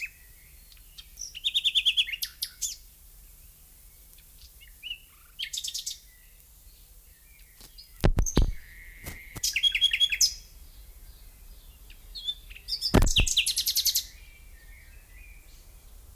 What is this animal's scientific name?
Luscinia megarhynchos